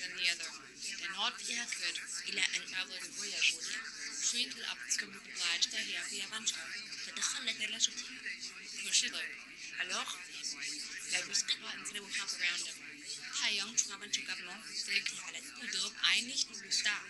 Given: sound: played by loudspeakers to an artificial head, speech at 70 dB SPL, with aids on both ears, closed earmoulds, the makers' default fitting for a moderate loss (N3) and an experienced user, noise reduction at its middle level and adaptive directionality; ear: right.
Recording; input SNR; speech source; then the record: speech test signal (ISTS) in cocktail-party noise; -3 dB; in front (0 degrees)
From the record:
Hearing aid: class 1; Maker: J